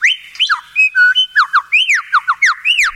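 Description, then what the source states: Lyrebird mimicking a kookaburra: loud whistled notes that swoop up and down, in many quick phrases. Male during breeding season in Australia, calling from a courtship platform built of a dirt mound; the mating call imitates a kookaburra's song to impress potential mates.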